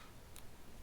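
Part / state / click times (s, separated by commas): stroke adjustment dial on a rotary tattoo machine / seated / 0.4 s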